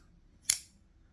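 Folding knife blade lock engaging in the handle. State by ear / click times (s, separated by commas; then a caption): seated / 0.5 s. A folding pocket knife blade is swung into its locked position, and the lock in the handle engages with one sharp, bright click at 0.5 s that trails off quickly over a quiet low background. The blade seats and locks, with a click that sounds more solid than on another knife.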